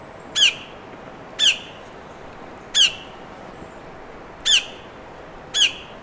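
Bird giving five short, harsh, downslurred calls, spaced roughly a second apart, over a steady background hiss.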